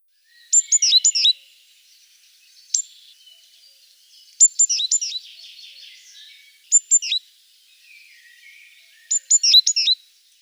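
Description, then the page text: Great tit song: short bursts of sharp high repeated notes every couple of seconds over a soft, steady background hiss. "Большая синица - Синица"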